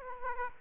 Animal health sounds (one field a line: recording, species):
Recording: mosquito wingbeat signal from an infrared sensor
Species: Aedes aegypti